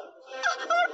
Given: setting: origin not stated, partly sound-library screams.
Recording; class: one-second piece from a danger detection set; woman in danger